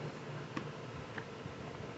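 A plastic air filter cover is stabbed into its slot on the small engine air cleaner housing of a Ryobi 2900 PSI RY802900 pressure washer and pushed on. Two sharp clicks sound at 0.6 s and 1.2 s over a low steady background. The cover clicks into place and is seated.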